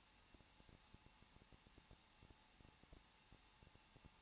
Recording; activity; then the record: daily activity, microphone in the room; no activity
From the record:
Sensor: 1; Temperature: 20.1 degrees Celsius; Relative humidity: 39.1%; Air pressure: 1006.3 hPa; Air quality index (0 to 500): 217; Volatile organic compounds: 75 ppm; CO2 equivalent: 3562 ppm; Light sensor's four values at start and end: 1/2/1/1 and 1/2/1/1